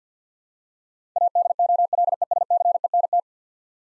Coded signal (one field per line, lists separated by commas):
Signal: Morse code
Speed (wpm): 50 wpm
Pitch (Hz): 700 Hz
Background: none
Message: ADOLESCENT